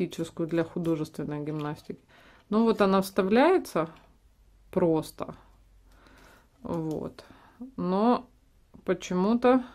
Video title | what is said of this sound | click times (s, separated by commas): Распаковка детского деформационного робота (игрушки для детей) | но почему-то как-то не защелкивается | none